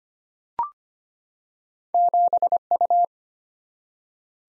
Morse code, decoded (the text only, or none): 7U